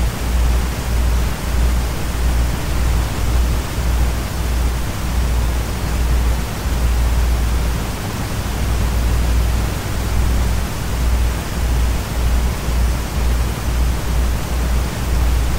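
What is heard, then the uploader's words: White noise blended with a desk fan runs as a steady, dense hiss across the whole clip, with no changes in level. Underneath, a low motor hum pulses in quick, regular beats, briefly smoothing out around the eighth second. White Noise and Desk Fan.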